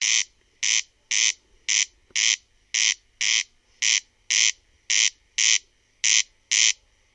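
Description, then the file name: Corn crake calling a harsh, grating crex-crex in an even, steady series, with little else audible. "RUISRAAKKA"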